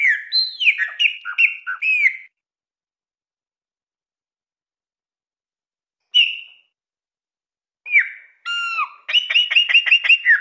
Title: Passaro Preto